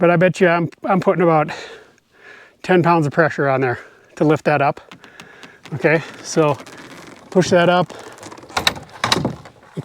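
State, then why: Seated. Someone talks while pushing the loaded lift arm of a Thule Hullavator Pro kayak rack, a metal and plastic mechanism with an air shock carrying an Eddieline Caribbean FS12 kayak, up to its upright position. A sharp click at 8.7 s marks the arm latching and seating in its locked position, followed by a few more clatters.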